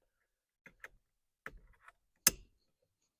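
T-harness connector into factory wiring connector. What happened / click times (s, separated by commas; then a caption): The connector clicked home / 2.3 s. A remote-start T-harness plastic connector is pushed into the factory wiring connector of a 2011-2019 Ford Fiesta. A few faint ticks and rustles at about 0.7, 0.8 and 1.5 seconds lead up to one sharp, loud click at 2.3 seconds. The connector latches and is seated.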